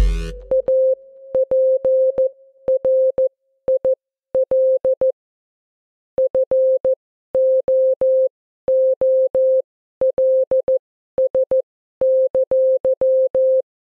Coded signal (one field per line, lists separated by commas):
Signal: Morse code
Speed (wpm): 14 wpm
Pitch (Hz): 520 Hz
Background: music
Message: APRIL FOOLS!